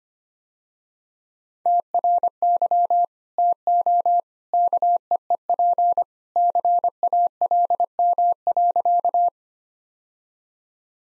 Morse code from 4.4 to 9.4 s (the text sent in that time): KEEP CALM.